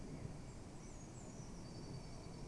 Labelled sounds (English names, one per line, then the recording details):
Eurasian Blue Tit
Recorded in Germany
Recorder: ecoPi